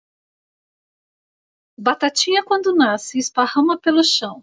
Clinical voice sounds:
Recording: short text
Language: Brazilian Portuguese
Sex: female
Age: 50 to 59 years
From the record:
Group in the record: control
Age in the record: 57 years

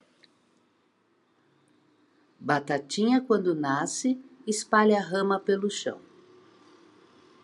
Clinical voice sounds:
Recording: short text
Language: Brazilian Portuguese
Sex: female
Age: 60 to 69 years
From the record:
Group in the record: control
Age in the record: 61 years

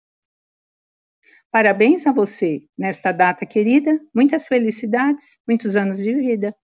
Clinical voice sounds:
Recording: short text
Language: Brazilian Portuguese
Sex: female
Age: 60 to 69 years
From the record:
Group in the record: control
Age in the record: 62 years

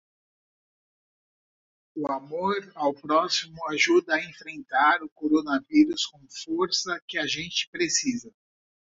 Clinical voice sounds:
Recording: spoken sentence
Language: Brazilian Portuguese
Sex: female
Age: 50 to 59 years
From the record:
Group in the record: control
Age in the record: 51 years

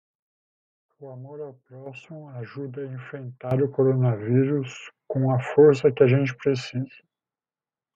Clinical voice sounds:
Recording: spoken sentence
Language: Brazilian Portuguese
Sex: male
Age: 40 to 49 years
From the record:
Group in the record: control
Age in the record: 45 years

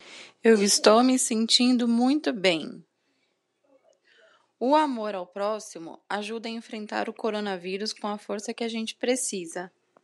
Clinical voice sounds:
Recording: spoken sentence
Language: Brazilian Portuguese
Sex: female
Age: 30 to 39 years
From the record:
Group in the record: control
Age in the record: 36 years

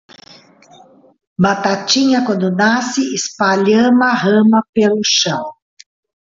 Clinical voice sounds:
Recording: short text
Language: Brazilian Portuguese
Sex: female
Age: 50 to 59 years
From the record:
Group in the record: control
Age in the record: 59 years

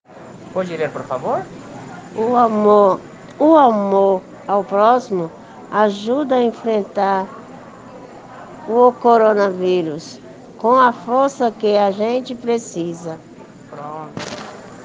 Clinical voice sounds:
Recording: spoken sentence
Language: Brazilian Portuguese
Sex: female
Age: 50 to 59 years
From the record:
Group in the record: respiratory insufficiency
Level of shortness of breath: 5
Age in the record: 54 years

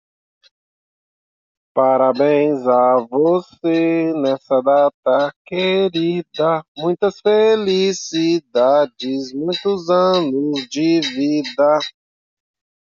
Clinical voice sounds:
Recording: short text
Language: Brazilian Portuguese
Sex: male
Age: 30 to 39 years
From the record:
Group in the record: control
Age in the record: 39 years

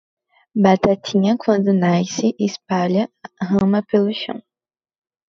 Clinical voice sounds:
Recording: short text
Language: Brazilian Portuguese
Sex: female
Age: 20 to 29 years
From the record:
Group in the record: control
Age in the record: 22 years

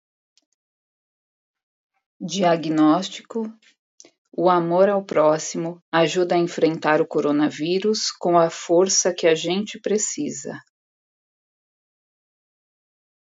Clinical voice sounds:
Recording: spoken sentence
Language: Brazilian Portuguese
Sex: female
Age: 40 to 49 years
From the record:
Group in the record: control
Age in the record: 47 years

